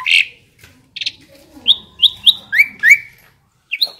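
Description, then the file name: Asian pied starling calling with a quick series of bright, slurred whistled chirps after a couple of harsher opening notes. Indonesian jalak suren described as a champion songbird. "suara burung jalak suren juara"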